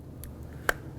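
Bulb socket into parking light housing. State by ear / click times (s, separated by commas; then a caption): seated / 0.7 s. A bulb socket for the side parking light of a 2002–2007 Jeep Liberty is inserted into the back of the plastic parking light housing with its notches aligned, then twisted clockwise. A faint tick comes at 0.2 s, then a sharp plastic click at 0.7 s as the socket locks into place, confirming it has seated.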